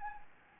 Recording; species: mosquito wingbeat signal from an infrared sensor; Anopheles gambiae